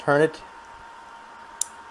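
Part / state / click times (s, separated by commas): barrel bushing onto pistol barrel/slide / seated / 1.6 s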